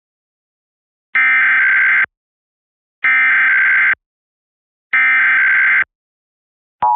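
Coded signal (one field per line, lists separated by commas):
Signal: Emergency Alert System (SAME) tones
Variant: header bursts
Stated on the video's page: Pennsylvania Required Monthly Test captured off TV stations and a cable box, some via Bluetooth headphones.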